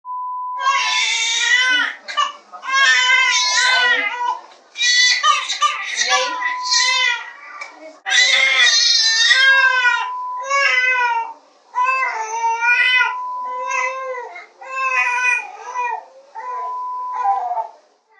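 A baby cries in repeated high-pitched, wailing bursts separated by short breaths, with a rising and falling tone. An ordinary infant cry, with a steady electronic tone heard between some cries.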